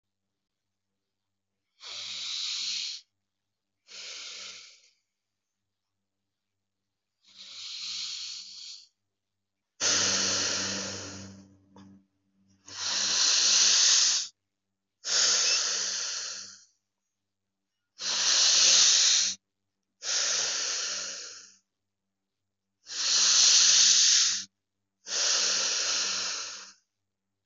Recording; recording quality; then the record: deep breathing; excellent, no background noise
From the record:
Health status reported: healthy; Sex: male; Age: 40 years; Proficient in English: yes